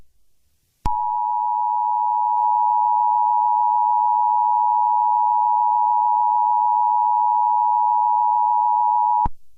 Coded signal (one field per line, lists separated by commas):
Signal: Emergency Alert System (SAME) tones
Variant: 853 and 960 Hz attention tone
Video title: EAS scenario 19: Herobrine 4: Mrs. Herobrine’s revenge